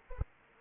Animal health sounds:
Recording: mosquito wingbeat signal from an infrared sensor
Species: Anopheles arabiensis

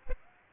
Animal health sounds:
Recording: mosquito wingbeat signal from an infrared sensor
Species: Aedes aegypti

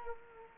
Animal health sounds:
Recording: mosquito wingbeat signal from an infrared sensor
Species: Culex quinquefasciatus

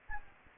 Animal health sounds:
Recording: mosquito wingbeat signal from an infrared sensor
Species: Anopheles gambiae

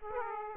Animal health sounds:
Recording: mosquito wingbeat signal from an infrared sensor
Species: Aedes aegypti

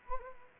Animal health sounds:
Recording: mosquito wingbeat signal from an infrared sensor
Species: Anopheles arabiensis

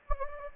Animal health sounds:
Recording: mosquito wingbeat signal from an infrared sensor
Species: Anopheles gambiae

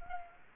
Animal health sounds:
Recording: mosquito wingbeat signal from an infrared sensor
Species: Culex quinquefasciatus

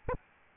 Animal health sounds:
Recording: mosquito wingbeat signal from an infrared sensor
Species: Aedes albopictus

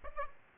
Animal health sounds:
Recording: mosquito wingbeat signal from an infrared sensor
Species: Aedes aegypti

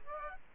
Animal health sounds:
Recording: mosquito wingbeat signal from an infrared sensor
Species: Aedes aegypti

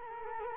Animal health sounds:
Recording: mosquito wingbeat signal from an infrared sensor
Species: Culex quinquefasciatus

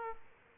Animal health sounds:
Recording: mosquito wingbeat signal from an infrared sensor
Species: Aedes aegypti

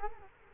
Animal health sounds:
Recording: mosquito wingbeat signal from an infrared sensor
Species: Culex quinquefasciatus

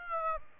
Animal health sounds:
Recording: mosquito wingbeat signal from an infrared sensor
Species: Aedes aegypti

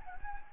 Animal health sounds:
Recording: mosquito wingbeat signal from an infrared sensor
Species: Anopheles gambiae

